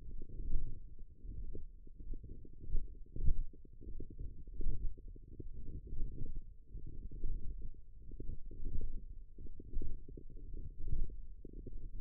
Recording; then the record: forearm muscle sounds (acoustic myography)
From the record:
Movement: radial deviation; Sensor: system 1, eight BSWA MPA416 microphones around the upper forearm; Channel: 7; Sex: female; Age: 20 years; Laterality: right